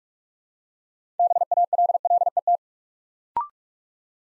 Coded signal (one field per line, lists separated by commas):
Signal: Morse code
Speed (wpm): 44 wpm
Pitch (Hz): 700 Hz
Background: none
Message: BALLET